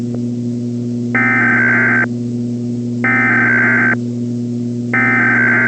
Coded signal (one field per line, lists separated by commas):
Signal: Emergency Alert System (SAME) tones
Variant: header bursts